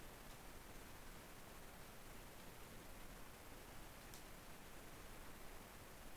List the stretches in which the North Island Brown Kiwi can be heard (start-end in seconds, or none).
none